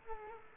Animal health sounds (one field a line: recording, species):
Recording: mosquito wingbeat signal from an infrared sensor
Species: Culex quinquefasciatus